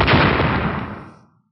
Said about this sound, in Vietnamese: Một tiếng nổ khủng bố vang lên, trong đất trời trước mặt Thủy Đậu Tử đột nhiên xuất hiện khe nứt khủng bố.